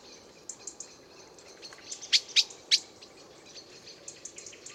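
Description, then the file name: Common blackbird call: a short burst of three hard, sharp chinks in the middle, with fainter high notes throughout. "Turdus merula"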